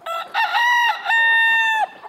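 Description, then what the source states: Chicken rooster crowing: a few harsh, broken opening notes, then a long, steady, drawn-out final note, with no other sounds. Domestic chicken, descended from the red jungle fowl of Southeast Asia.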